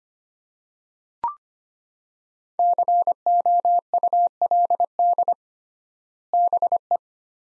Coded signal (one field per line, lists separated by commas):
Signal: Morse code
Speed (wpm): 25 wpm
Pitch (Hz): 700 Hz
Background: none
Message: COULD BE